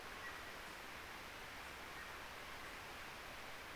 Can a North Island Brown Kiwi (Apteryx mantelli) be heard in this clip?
no